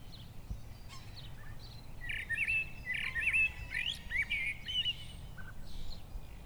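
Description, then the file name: Eurasian blackbird song: a run of mellow, fluty warbled phrases mixed with higher squeaky twitters, other faint bird notes and low background rumble behind. "Turdus merula"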